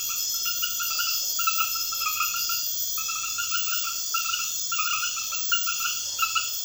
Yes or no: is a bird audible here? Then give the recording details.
no. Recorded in secondary vegetation near Puerto Asís, Putumayo, Colombia, on 28 February 2025 at 01:30. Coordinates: 0.498, -76.327. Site G001